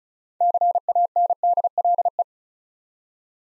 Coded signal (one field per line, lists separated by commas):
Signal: Morse code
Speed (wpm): 36 wpm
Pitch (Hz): 700 Hz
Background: none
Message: CANDLE